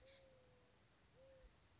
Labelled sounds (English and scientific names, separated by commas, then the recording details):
Mourning Dove (Zenaida macroura)
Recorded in Sonoma County, California